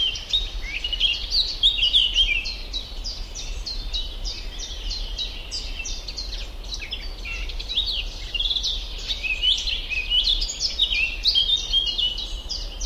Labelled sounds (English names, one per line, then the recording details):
Eurasian Blackcap song
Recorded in the wild
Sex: male
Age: adult
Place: Schildow, NSG, Kalktuffgelände am Tegeler Fließ (NSG Schildow), Berlin, DE
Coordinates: 52.64, 13.39
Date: 1992-06-21 10:12
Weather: sunny, 19-26 °C, strengthening winds
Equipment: Marantz CP 430, Sennheiser ME 80, Kopie Tesla B 116
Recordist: Tembrock, Günter